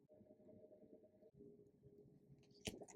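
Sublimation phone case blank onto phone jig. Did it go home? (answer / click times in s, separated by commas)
yes / 2.7 s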